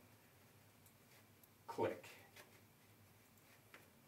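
The top snap of a cheek pad is handled against the shell of an Arai Corsair V motorcycle helmet, with faint handling taps and brief ticks around the pad. Someone talks briefly near the middle. Nothing has seated or clicked yet.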